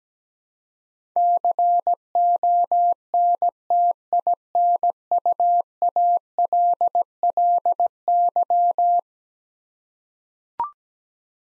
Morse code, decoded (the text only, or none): CONTINUALLY